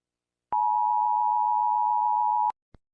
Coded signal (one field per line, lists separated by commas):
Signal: Emergency Alert System (SAME) tones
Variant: 853 and 960 Hz attention tone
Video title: EAS Scenario: Klasky Csupo Splatt